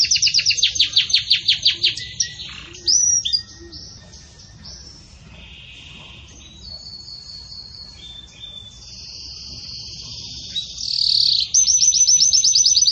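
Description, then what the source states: Canary trilling loudly at the start, then a long stretch of soft, thin high notes, before a rapid trill resumes near the end. Pure "campainha" song style delivered with pauses, for training.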